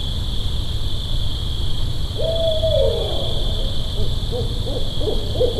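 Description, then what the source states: Barred owl calling: a drawn-out, downward-sliding hoot followed by a quick series of shorter hooting notes, with a persistent low rumble and a steady high buzzing drone throughout. Holophonic (3D) audio recording.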